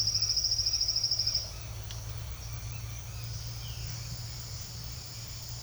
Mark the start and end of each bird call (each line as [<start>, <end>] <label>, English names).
[3.43, 4.06] Violaceous Jay